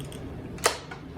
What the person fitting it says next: Okay, you hear the one click, and then you just go around doing the same thing.